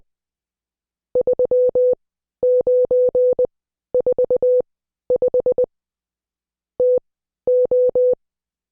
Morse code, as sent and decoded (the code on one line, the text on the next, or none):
...-- ----. ....- ..... / - ---
3945 TO